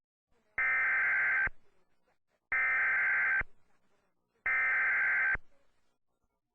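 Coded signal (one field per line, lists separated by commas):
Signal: Emergency Alert System (SAME) tones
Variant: header bursts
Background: speech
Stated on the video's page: Self-made severe thunderstorm warning.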